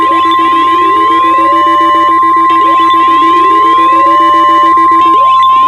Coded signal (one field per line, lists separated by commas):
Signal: Emergency Alert System (SAME) tones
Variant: 1050 Hz attention tone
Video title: (EAS Scenario) Blaiseing Entrapment